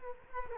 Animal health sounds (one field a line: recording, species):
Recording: mosquito wingbeat signal from an infrared sensor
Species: Culex quinquefasciatus